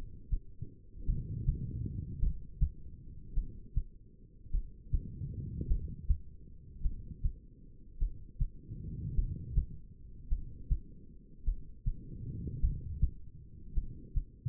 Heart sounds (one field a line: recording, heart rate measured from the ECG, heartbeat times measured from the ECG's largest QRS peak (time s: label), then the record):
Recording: heart sounds by stethoscope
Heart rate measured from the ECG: 52 bpm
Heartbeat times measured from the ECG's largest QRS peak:
1.05 s: heartbeat
2.19 s: heartbeat
3.34 s: heartbeat
4.51 s: heartbeat
5.67 s: heartbeat
6.82 s: heartbeat
7.98 s: heartbeat
9.15 s: heartbeat
10.28 s: heartbeat
11.44 s: heartbeat
12.60 s: heartbeat
13.73 s: heartbeat
From the record:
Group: heart failure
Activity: rest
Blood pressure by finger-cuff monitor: 81/59 mmHg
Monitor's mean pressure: 67 mmHg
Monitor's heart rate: 52 bpm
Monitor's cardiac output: 2.4 L/min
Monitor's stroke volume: 47 mL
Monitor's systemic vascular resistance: 1950 dyn s/cm5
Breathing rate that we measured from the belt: 16 breaths a minute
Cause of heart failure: non-ischemic cardiomyopathy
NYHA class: 1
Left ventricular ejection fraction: 52%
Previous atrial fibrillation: present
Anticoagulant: apixaban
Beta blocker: bisoprolol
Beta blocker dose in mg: 10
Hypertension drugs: sacubitril-valsartan, spironolactone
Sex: female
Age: 68 years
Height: 169 cm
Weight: 71 kg